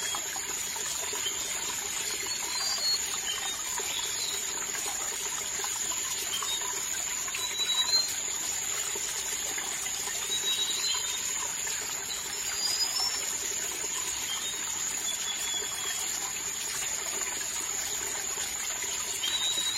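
A soft, steady stream runs, its even rush broken by light patters and faint bright chirps of birds every few seconds.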